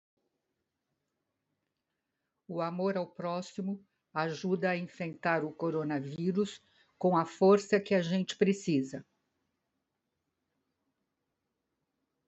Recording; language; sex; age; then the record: spoken sentence; Brazilian Portuguese; female; 70 to 79 years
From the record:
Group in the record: control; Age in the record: 73 years